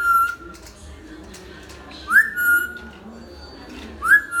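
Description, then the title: Hill myna giving three short clear whistles about two seconds apart, the later two sliding up then levelling off. Actively singing (gacor) hill myna, used as a tutor (masteran) for training other birds. "Suara Burung Beo Gacor Cocok Untuk Masteran"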